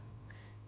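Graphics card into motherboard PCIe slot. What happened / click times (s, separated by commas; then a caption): The card snapped into its slot / 0.3 s. A graphics card, lined up with the case bracket, is pressed into the motherboard PCIe slot until the slot latch snaps at 0.3 s, a short, sharp click over a steady low hum. The card is then secure in the slot.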